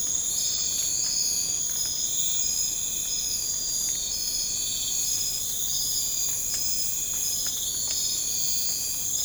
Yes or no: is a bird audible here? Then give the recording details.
no. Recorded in pastures near Puerto Asís, Putumayo, Colombia, on 20 December 2024 at 01:30. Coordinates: 0.496, -76.326. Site G004